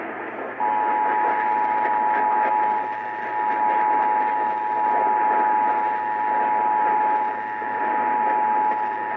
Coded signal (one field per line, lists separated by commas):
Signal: Emergency Alert System (SAME) tones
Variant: 853 and 960 Hz attention tone